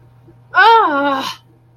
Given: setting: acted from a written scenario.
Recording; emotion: vocal sound without words; contempt